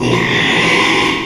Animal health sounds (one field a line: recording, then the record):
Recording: squeal of a Yucatan mini pig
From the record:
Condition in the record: after surgery on the right vocal fold (resection and tissue-engineered implant)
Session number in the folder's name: 1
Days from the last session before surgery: 6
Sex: male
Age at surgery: 12 weeks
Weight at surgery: 13 kg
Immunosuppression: cyclosporine, prednisolone